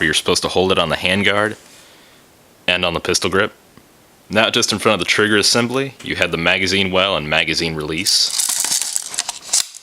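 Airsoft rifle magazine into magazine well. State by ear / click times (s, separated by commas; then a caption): seated / 9.0 s, 9.2 s. Someone talks for most of the clip, and then a plastic magazine is rocked AK-style into the magazine well of a Cybergun M14 Socom airsoft electric rifle. A burst of sharp plastic clatter follows, with the magazine clicking into place at about 9.0 and 9.2 seconds, seated.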